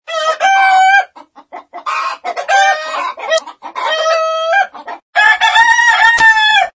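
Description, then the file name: Chicken: rooster crowing: several harsh, drawn-out crows rich in overtones, with softer clucking sounds between them. Morning rooster crow. "Galo De Manha"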